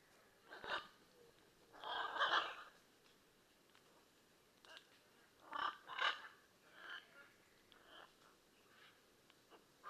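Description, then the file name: Blue-and-yellow macaw uttering grating squawks in scattered pairs, with softer calls between and a faint hiss underneath. "Blue and yellow Macaw Ara ararauna"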